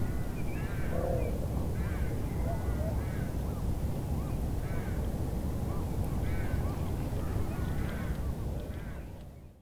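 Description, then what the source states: Eurasian wigeon calls, whistled rising-falling notes given repeatedly amid other birds, over a steady low rumble. Wigeon calling on the fjord with other birds, Veddelev, Roskilde Fjord, Denmark; recorded with Sony PCM-D100 internal mics.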